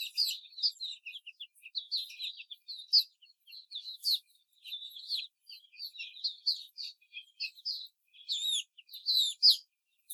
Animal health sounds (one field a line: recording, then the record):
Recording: young laying hens in a cage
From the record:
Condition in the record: before the stressor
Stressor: simulated dog barking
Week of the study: 4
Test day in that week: 2